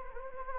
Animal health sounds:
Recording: mosquito wingbeat signal from an infrared sensor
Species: Anopheles gambiae

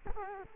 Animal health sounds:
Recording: mosquito wingbeat signal from an infrared sensor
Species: Culex quinquefasciatus

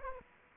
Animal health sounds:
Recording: mosquito wingbeat signal from an infrared sensor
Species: Aedes aegypti

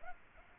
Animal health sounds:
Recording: mosquito wingbeat signal from an infrared sensor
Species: Aedes aegypti

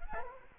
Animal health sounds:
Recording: mosquito wingbeat signal from an infrared sensor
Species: Culex quinquefasciatus

